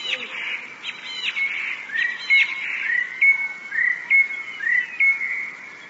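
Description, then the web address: Eurasian blue tit song: a trilled phrase, then short whistled notes repeated about once a second. "wroblowe teka modraszkoteka"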